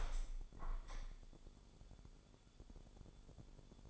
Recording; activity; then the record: daily activity, microphone in the room; open window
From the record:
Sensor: 5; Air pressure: 1015.0 hPa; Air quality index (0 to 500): 107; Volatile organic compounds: 2 ppm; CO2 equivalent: 1145 ppm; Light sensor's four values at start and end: 35/81/33/31 and 35/81/33/31